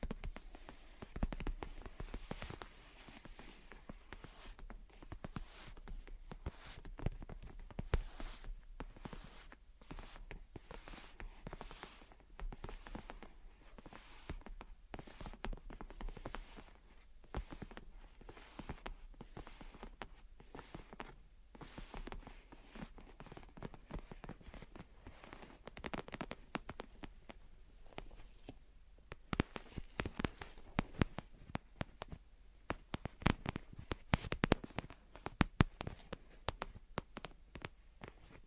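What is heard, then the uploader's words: Gentle tapping and scratching goes on throughout, a dense run of quick, irregular clicks and taps over a soft, steady hiss. The taps grow sharper and more frequent after about 29 seconds, with brighter, crisper hits clustering toward the end. Gentle Tapping and Scratching. (No Talking).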